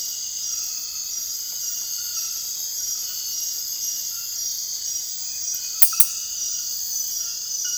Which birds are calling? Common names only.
none